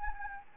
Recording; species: mosquito wingbeat signal from an infrared sensor; Anopheles gambiae